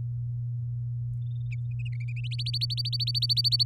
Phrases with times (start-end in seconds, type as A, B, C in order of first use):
2.31-3.63 A